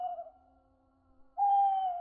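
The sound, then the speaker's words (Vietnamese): An owl up in the air hoots mournfully, crying out three times: a fading, drawn-out mid-pitched note, a brief hush, then a louder, steady, sustained hoot that holds for nearly a second, with no voices. “Tiếng cú mèo trên tầng không lại gào lên 3 tiếng ai oán.”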